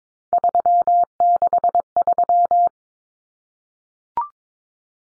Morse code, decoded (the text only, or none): 363